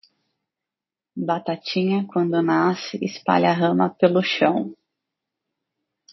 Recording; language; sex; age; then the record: short text; Brazilian Portuguese; female; 40 to 49 years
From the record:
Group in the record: control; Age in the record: 42 years